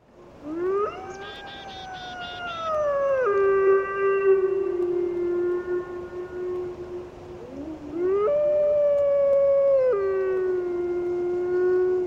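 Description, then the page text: Grey wolf howls: a long, smooth howl rises, holds, then drops to a lower sustained note; another rising howl begins after about eight seconds. "Vlk dravý (Canis lupus)"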